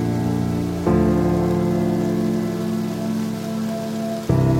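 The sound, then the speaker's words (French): A steady wash of heavy, pouring rain at night in deep darkness hisses without pause, layered under low sustained droning tones that shift abruptly twice. No voices are heard. “Il pleut des cordes, l'obscurité est pénétrante.”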